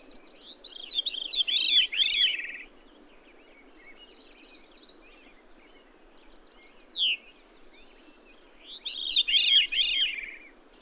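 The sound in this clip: Bird singing two phrases of rapid arched, descending notes, a single sharp upslurred note between, and faint chirping in the background.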